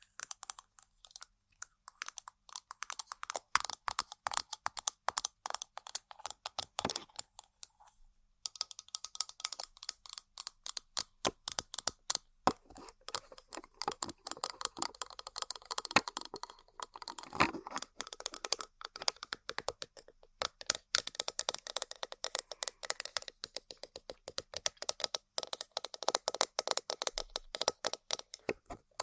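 Tapping and scratching on random objects, heard as a dense run of short, sharp clicks and taps that sound much like fast typing. The hits come irregularly, with brief pauses around eight and twenty seconds, and some stretches turn into brighter, scraping rattles.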